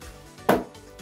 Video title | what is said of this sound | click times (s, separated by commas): IncuView 3 Pro Startup Guide | close the lid just snap it out of this position and | 0.5 s